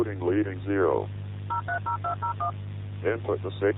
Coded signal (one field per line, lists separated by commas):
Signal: DTMF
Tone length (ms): 120 ms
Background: speech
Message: 030201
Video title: EAS Scenario: The Morning Of (Official Teaser)